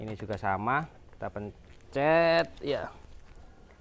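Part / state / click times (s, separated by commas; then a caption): wiper blade into wiper arm / not seated / none. A wiper blade is being handled at a wiper arm, with a new blade to be slid onto the arm hook and pressed until its plastic clip locks. Someone talks throughout, and a faint, brief tick comes near the end at about 3.7 s. Nothing has seated or clicked home yet.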